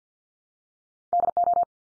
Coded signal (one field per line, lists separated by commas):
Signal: Morse code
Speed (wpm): 48 wpm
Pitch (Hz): 700 Hz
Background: none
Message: DO